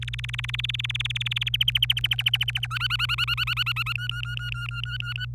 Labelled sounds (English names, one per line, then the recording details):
Domestic Canary song
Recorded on 26 April 2018 at 12:18
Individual llb3